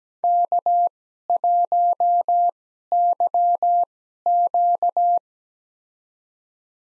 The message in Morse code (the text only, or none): K1YQ